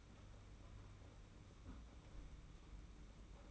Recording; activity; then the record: daily activity, microphone in the room; close fridge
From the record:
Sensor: 1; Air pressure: 991.8 hPa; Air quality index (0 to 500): 205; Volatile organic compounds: 1000 ppm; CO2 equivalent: 7937 ppm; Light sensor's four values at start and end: 28/99/38/38 and 28/99/38/38